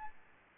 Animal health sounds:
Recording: mosquito wingbeat signal from an infrared sensor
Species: Aedes albopictus

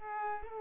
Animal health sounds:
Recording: mosquito wingbeat signal from an infrared sensor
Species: Culex pipiens

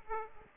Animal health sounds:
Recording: mosquito wingbeat signal from an infrared sensor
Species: Aedes aegypti

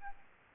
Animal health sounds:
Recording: mosquito wingbeat signal from an infrared sensor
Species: Aedes albopictus

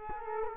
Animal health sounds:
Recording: mosquito wingbeat signal from an infrared sensor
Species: Culex quinquefasciatus

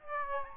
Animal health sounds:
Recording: mosquito wingbeat signal from an infrared sensor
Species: Aedes albopictus

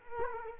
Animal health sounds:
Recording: mosquito wingbeat signal from an infrared sensor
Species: Culex quinquefasciatus

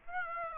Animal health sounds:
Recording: mosquito wingbeat signal from an infrared sensor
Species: Aedes aegypti

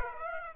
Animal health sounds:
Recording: mosquito wingbeat signal from an infrared sensor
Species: Aedes aegypti

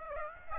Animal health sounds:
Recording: mosquito wingbeat signal from an infrared sensor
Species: Aedes aegypti

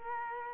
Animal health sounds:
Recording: mosquito wingbeat signal from an infrared sensor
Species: Culex quinquefasciatus

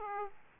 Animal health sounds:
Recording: mosquito wingbeat signal from an infrared sensor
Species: Aedes aegypti

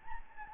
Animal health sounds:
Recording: mosquito wingbeat signal from an infrared sensor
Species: Anopheles gambiae

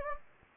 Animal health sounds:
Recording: mosquito wingbeat signal from an infrared sensor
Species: Anopheles gambiae

